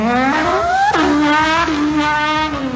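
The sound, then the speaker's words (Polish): A car engine revs upward in pitch, drops sharply as if shifting gear, then climbs again, a loud, steady buzzing whine with no talking. “Obojętnie jaki dźwięk on będzie wydawał, ale najlepiej, żeby jednak przypominał to silnik.”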